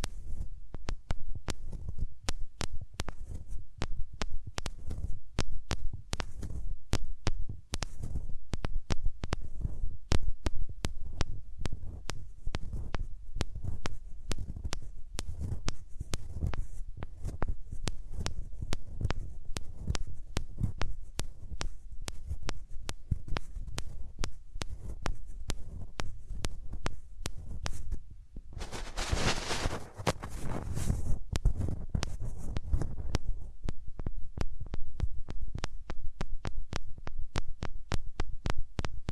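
Hands rub over ears with muffled low thumping and dense rapid crackles throughout, plus a brief bright hissing swell around the thirty-second mark.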